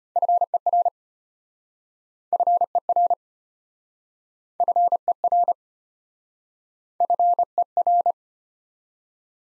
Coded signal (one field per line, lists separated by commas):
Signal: Morse code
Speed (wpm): 34 wpm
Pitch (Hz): 700 Hz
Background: none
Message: FER FER FER FER